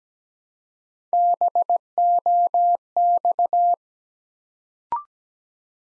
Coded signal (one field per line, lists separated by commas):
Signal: Morse code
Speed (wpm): 17 wpm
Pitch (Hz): 700 Hz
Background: none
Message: BOX